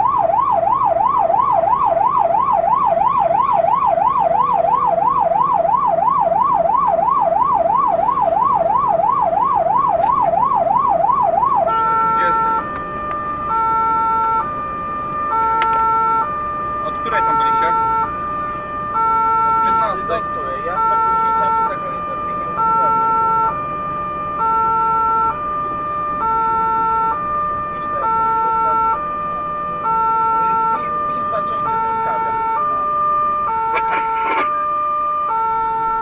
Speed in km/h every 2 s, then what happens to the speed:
72, 72, 72, 72, 74, 76, 78, 78, 76, 76, 75, 78, 78, 79, 76, 69, 58, 48.
0-26 steady at about 76. 26-36 slows to 48.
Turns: none.